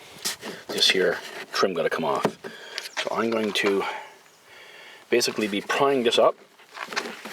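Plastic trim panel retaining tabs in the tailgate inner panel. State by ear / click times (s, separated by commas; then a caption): released / 6.8 s. A person talks while prying up the plastic interior trim panel on the inner tailgate of a 2012 Ford Escape hatchback, working toward the latch to replace an actuator because the hatch will not open. At 6.8 s a small, sharp click sounds as the panel's plastic retaining tabs unlock and pop loose, releasing the trim.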